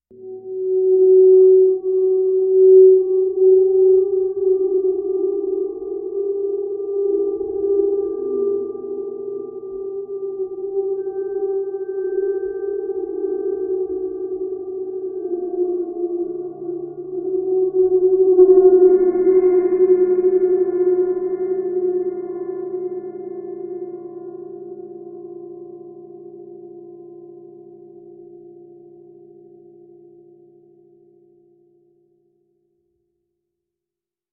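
A low ringing bowl tone hums steadily, joined near eighteen seconds by a brighter struck ring, then everything fades out slowly by thirty seconds.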